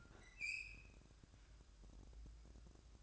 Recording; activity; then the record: daily activity, microphone in the room; open fridge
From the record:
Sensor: 2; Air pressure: 1007.6 hPa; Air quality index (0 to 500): 55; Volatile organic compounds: 1 ppm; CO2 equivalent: 581 ppm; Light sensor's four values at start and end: 9/22/9/9 and 9/22/9/9